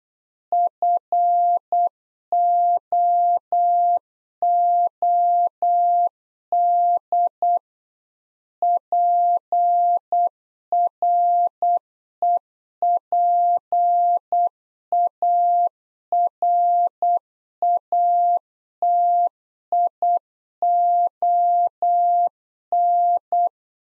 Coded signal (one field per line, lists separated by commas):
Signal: Morse code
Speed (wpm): 8 wpm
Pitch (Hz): 700 Hz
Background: none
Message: FOOD PREPARATION